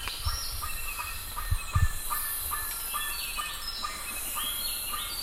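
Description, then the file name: Bird calls, short harmonic notes repeated rapidly, with rising whistled notes above and a steady hiss behind. "SABIOD 50 bird 2015"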